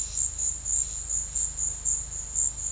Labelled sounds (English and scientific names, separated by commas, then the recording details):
none
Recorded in secondary vegetation near Puerto Asís, Putumayo, Colombia, on 28 February 2025 at 13:30
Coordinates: 0.484, -76.319
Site G010